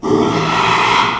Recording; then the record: squeal of a Yucatan mini pig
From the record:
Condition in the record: after surgery on the right vocal fold (resection and tissue-engineered implant); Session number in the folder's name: 1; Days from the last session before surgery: 6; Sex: male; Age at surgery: 12 weeks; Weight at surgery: 13 kg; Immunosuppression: cyclosporine, prednisolone